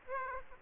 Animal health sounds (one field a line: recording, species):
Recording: mosquito wingbeat signal from an infrared sensor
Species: Aedes aegypti